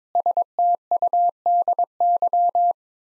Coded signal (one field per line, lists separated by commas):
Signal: Morse code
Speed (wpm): 22 wpm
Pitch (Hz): 700 Hz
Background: none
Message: STUDY